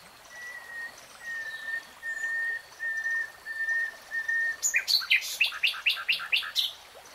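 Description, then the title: Nightingale singing a row of evenly spaced, pure whistled notes, then bursting into loud, rapid chattering phrases repeated several times. Nightingale singing, recorded in real time. "[Tiếng chim hót] Nightingale Singing"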